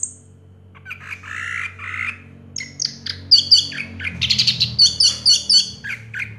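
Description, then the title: Orange-headed thrush song: varied buzzy phrases, then a run of sharp high whistled notes repeated rapidly, with a low hum underneath. Recording used to prompt a silent (stuck) bird to sing. "Anis Merah Macet.. Pancing Dengan Suara Ini.. 100 Ampuh. # Anis Merah"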